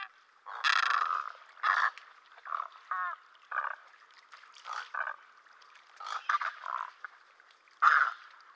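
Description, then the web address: Great egret giving harsh, hoarse croaks in irregular bursts, some long and grating, others short and clipped, with a few rapid stuttering notes in between. Eastern North America. "Dan Gibson Wildlife Identification By Sound, Eastern North America Pt 2. Great Egret"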